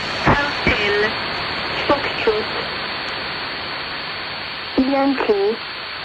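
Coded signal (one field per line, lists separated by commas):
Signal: numbers station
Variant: English phonetic alphabet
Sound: three short spoken words, spaced apart, heard through heavy radio static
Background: radio static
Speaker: Hotel Foxtrot. If you're my age and you dress something like this, you'll recognize that as the sample from which Wilco's 2002 album Yankee Hotel Foxtrot got its name.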